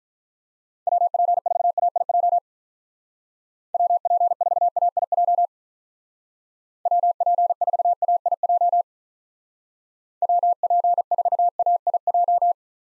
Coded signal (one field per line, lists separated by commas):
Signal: Morse code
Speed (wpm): 45 wpm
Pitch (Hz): 700 Hz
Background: none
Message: WP4AIJ WP4AIJ WP4AIJ WP4AIJ